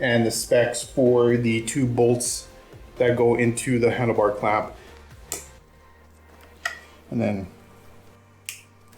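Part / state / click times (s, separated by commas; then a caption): wiring connector on motorcycle handlebar/fairing harness / seated / 8.5 s. Someone talks while two halves of a wiring connector on the handlebar and fairing harness of an Indian Chieftain Limited motorcycle are pushed together during reassembly after swapping to Indian MidRiser handlebars. After a few short knocks at about 5.3 and 6.7 seconds, a sharp click is heard at 8.5 seconds as the connector seats.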